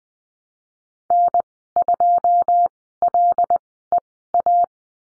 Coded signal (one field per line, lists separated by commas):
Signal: Morse code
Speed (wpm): 20 wpm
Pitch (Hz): 700 Hz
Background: none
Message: N2LEA